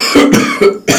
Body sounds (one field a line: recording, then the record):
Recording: coughing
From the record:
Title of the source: Spring Cold Coughing 3